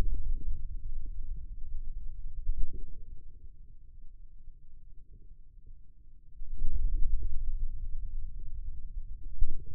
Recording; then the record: forearm muscle sounds (acoustic myography)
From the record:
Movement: wrist extension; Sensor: system 2, bracelet of six BSWA MPA416 microphones around the upper forearm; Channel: 2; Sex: male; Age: 22 years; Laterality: right